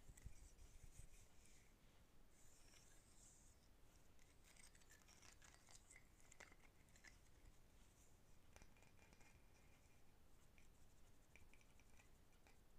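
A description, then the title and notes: Light tapping and scratching on wooden objects. Brief clicks and scrapes come irregularly throughout, with a soft brushing texture and a slightly louder burst at the very start, over a quiet low rumble. I have a variety of wooden objects, all with their own original sound. Tapping and scratching Wooden objects.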